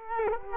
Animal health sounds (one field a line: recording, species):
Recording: mosquito wingbeat signal from an infrared sensor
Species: Culex quinquefasciatus